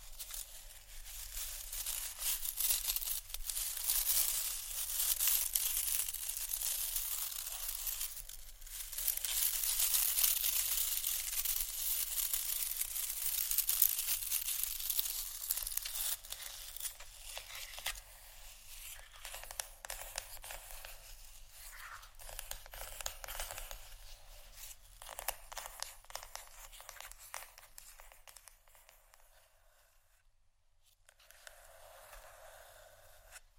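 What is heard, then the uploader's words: Wooden ASMR triggers: dense, crackly scratching and rustling fills the first half, swelling around the tenth second, then thins into sparser taps and scrapes with brief pauses. A low steady hum runs underneath throughout, and a soft voice-like murmur appears near the end. ASMR Wooden Triggers.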